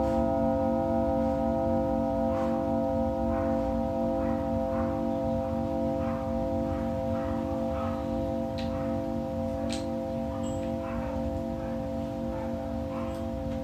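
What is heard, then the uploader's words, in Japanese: A Tibetan singing bowl hums steadily with layered, unwavering ringing tones over a low rumble, while faint soft clicks and taps scatter throughout. 深夜のシンギングボウルのサウンドヒーリング。チベタンシンギングボウル。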